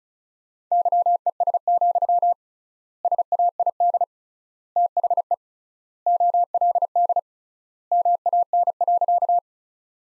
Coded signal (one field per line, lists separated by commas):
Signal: Morse code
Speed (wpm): 36 wpm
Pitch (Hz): 700 Hz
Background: none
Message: YES, SAID THE OLD MAN.